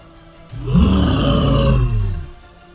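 The demon primarch Angron's deep, monstrous roaring battle cry bursts out and holds loud for about two seconds, striking Kharn like a powerful wave, rough and growling with heavy low rumble, then fades away. No speech.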